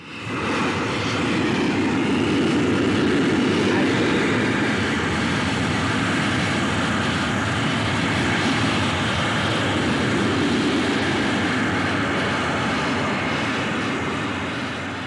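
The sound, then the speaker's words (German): A large rocket engine, one of the future large engines, fires on a test stand in Huntsville, a continuous, loud roar with heavy low rumble and broad hiss, holding steady for about fifteen seconds before easing slightly at the end. “Das war der Prüfstandversuch eines der künftigen Großtriebwerke.”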